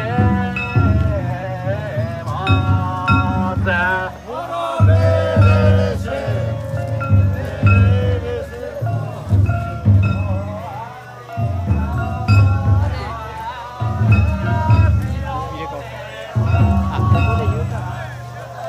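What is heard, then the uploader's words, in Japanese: Voices chant together at a Japanese Shinto festival ritual, singing long wavering phrases that rise and fall. A heavy low beat thumps in regular groups every couple of seconds beneath the chant, which runs steadily without a break for the whole stretch. 夏の耳 西海祭り2023。Japanese Shinto ritual 石川県羽咋郡志賀町西海風無地区・風戸地区の祭り。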